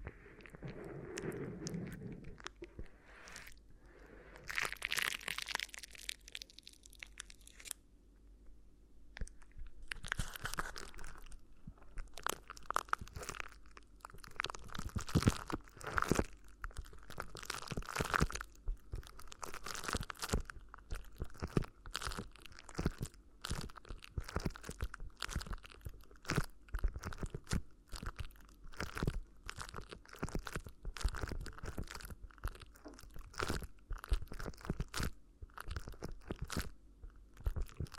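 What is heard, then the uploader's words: Crinkly ear massage sounds: dense, crackling crunches and rustles that come in quick bursts nearly throughout. The first few seconds are softer, with a low rubbing, then the crinkling turns bright and busy, with sharp snaps scattered irregularly and a faint steady hum underneath. ASMR Addictive Crinkly Ear Massage (No Talking).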